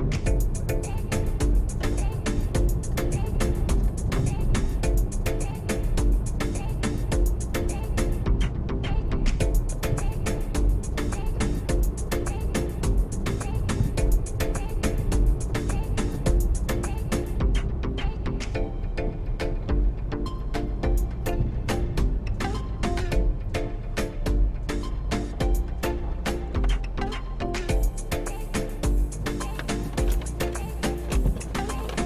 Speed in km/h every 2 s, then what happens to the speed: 35, 37, 39, 39, 37, 39, 39, 37, 27, 24, 23, 11, 8, 0, 0, 0.
0-14 steady at about 37. 14-17 brakes to 24. 20-26 brakes to 0. 26-32 standing.